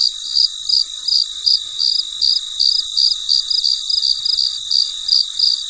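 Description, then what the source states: Cricket chirping, short bright pulses repeated roughly three times a second over a steady high-pitched hiss. Late at night in a very quiet setting.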